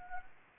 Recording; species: mosquito wingbeat signal from an infrared sensor; Anopheles gambiae